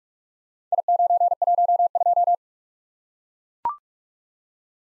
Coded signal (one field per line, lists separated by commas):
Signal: Morse code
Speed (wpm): 44 wpm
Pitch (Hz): 700 Hz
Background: none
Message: I912